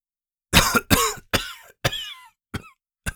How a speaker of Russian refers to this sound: прохрипел Геральт, откашлившись